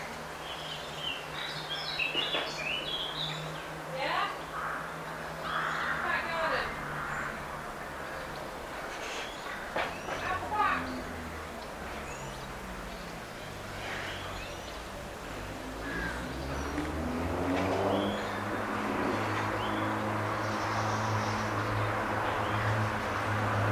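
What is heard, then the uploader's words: A late-afternoon backyard field recording with bird chirps scattered through the first half and a low engine drone that rises and falls, swelling again after about 15 seconds as a vehicle passes. A steady hiss and murmur of outdoor noise sits underneath throughout. Field Recording - My Backyard - late afternoon.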